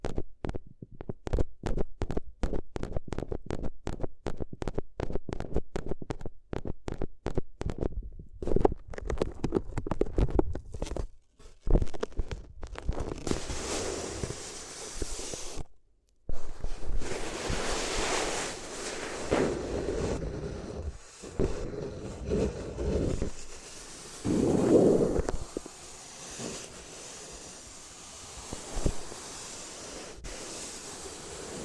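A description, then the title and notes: Paper is handled in ASMR fashion, starting with quick, regular crinkling taps through the first twelve seconds. Then it shifts to continuous rustling and scrunching with a brief silence near sixteen seconds, later swelling into denser crumpling with a short pitched squeak near twenty-five seconds. ASMR If You Had Paper Ears (No Talking).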